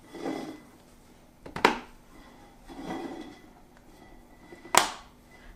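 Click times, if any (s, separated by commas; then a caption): 1.6 s, 4.8 s. A washed microfiber mop pad is pressed onto the plastic head of an O-Cedar Easy Wring Microfiber Spin Mop and reattached at its three snap points. Soft rustling handling sounds lead into sharp snaps at 1.6 s and 4.8 s. The pad is seated on the mop head.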